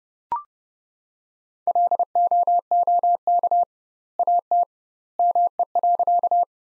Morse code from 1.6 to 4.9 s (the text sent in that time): LOOK AT